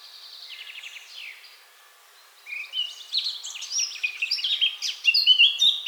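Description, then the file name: Eurasian blackcap song: soft chattering notes open, then after a brief pause a loud, fast warble builds into bright, fluting whistles. "Sylvia atricapilla"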